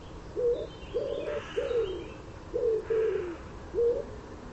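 Common wood pigeon cooing in a short phrase of low, breathy notes.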